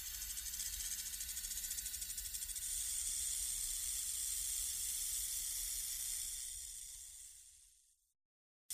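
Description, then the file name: Snake hissing, a long breathy hiss with a fast pulsing texture in the first third, then a steady hiss that fades out near the end. Snakes in a pit, hissing while slithering in a chamber. "SNAKE-PIT HISSES-SLITHERING-IN-CHAMBER"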